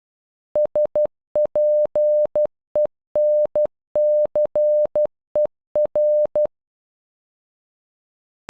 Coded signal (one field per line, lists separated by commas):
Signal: Morse code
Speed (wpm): 11 wpm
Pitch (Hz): 600 Hz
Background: none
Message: SPENCER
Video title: Spencer in Morse code